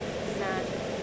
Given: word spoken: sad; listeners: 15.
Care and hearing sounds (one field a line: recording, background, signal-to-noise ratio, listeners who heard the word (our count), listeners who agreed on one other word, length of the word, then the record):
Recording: one English word in noise, from a listening test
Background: speech-shaped noise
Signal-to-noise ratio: -5.0 dB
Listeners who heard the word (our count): 2 of 15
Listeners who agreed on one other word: 7 of 15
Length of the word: 0.63 s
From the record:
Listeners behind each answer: 7, 4, 2, 1, 1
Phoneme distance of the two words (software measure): 14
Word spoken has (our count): 1 syllable, 3 phonemes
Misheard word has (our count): 1 syllable, 5 phonemes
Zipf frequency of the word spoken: 4.81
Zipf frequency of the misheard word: 5.25